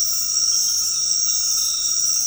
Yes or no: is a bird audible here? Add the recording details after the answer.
no. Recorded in secondary vegetation near Puerto Asís, Putumayo, Colombia, on 20 February 2024 at 21:00. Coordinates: 0.468, -76.324. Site G6381